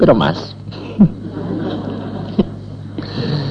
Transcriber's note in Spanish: Risas